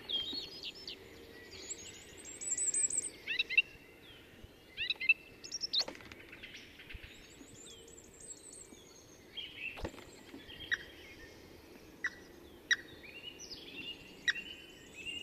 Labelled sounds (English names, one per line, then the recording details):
Common Firecrest song
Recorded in the wild
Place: Kaiserslautern, Rheinland-Pfalz, DE
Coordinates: 49.4266, 7.749
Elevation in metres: 295
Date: 1977-03-12
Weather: cloudy, cool
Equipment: Nagra IV, Sennheiser MKH 405, Parabolreflektor
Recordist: Tretzel, Erwin